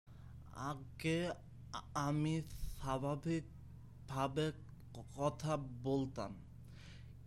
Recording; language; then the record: elicited speech; Bengali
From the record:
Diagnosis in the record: Broca's or global aphasia after a stroke